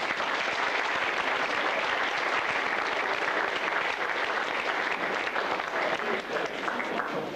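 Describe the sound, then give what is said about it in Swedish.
Sustained audience applause, a dense crackle of many hands clapping at a steady, loud level for several seconds without a break, with no voices standing out above it. “Vi ger honom en varm applåd.”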